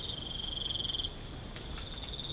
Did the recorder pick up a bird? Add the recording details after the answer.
no. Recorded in pastures near Puerto Asís, Putumayo, Colombia, on 18 December 2024 at 04:30. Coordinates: 0.496, -76.326. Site G004